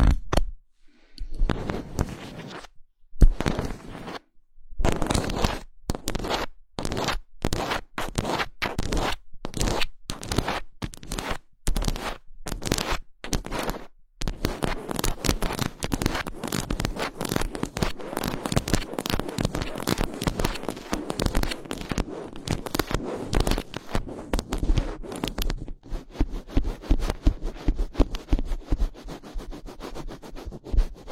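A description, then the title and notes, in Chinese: Fingers scratch a microphone in uneven bursts with short gaps early on, then turn to dense, continuous rasping scrapes from about fifteen seconds. 手指抓挠话筒。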